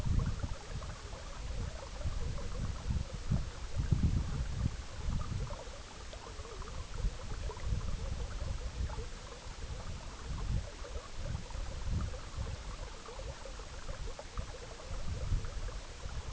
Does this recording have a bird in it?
no